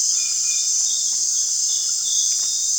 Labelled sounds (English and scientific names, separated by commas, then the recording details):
none
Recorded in dense forest near Puerto Asís, Putumayo, Colombia, on 27 June 2025 at 19:00
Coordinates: 0.468, -76.322
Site GP03